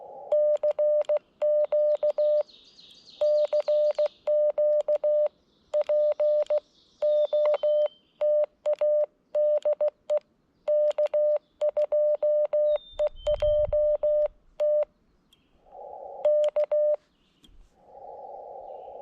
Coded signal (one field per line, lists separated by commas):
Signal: Morse code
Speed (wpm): 16 wpm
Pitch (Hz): 600 Hz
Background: none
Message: CQ CQ POTA DE K2EJT K